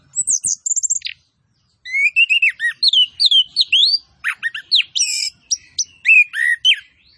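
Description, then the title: Orange-headed thrush song: high chattering notes, a brief pause, then a long series of rising and falling whistled phrases mixed with sharp chips. Vigorous (gacor) singing with full fill-in phrases and 'tembakan cililin' style shots. "Anis Kembang Gacor. MASTERAN ANIS KEMBANG ISIAN FULL DENGAN TEMBAKAN CILILIN"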